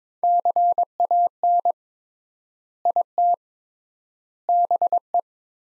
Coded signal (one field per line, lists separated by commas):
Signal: Morse code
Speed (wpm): 22 wpm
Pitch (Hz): 700 Hz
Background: none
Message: CAN IT BE